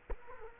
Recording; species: mosquito wingbeat signal from an infrared sensor; Culex quinquefasciatus